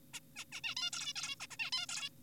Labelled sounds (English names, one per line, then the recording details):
Zebra Finch
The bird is an adult
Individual g4p5U